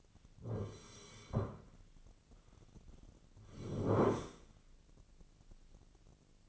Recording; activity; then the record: daily activity, microphone in the room; sit down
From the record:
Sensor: 4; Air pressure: 1010.0 hPa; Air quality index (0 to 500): 194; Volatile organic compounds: 3 ppm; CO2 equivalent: 1393 ppm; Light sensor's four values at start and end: 41/100/42/45 and 41/101/42/45